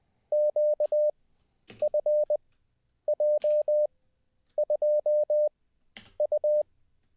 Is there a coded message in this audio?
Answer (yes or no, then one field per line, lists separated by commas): yes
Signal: Morse code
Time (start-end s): 0.3-6.6 s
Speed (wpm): 20 wpm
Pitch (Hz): 600 Hz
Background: none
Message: QFJ2U